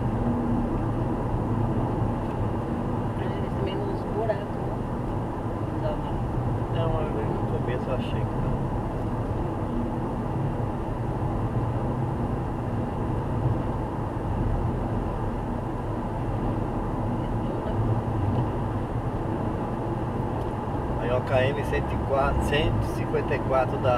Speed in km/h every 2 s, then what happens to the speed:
89, 87, 87, 88, 88, 89, 92, 93, 95, 98, 99, 102.
0-9 steady at about 88. 9-24 speeds up to 102.